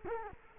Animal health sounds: mosquito wingbeat signal from an infrared sensor; Culex quinquefasciatus

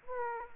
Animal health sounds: mosquito wingbeat signal from an infrared sensor; Aedes aegypti

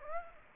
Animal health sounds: mosquito wingbeat signal from an infrared sensor; Aedes aegypti

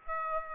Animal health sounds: mosquito wingbeat signal from an infrared sensor; Aedes aegypti

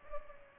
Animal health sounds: mosquito wingbeat signal from an infrared sensor; Culex pipiens

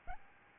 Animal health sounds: mosquito wingbeat signal from an infrared sensor; Aedes albopictus

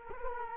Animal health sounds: mosquito wingbeat signal from an infrared sensor; Culex quinquefasciatus

